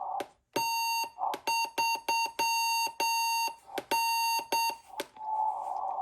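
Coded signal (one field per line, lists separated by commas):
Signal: Morse code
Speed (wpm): 8 wpm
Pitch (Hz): 2750 Hz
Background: none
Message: T3N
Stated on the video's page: Morse Ts and Ns sent by a KC1 keyer-counter in a NorCal 40A transceiver, frequency readout being repaired.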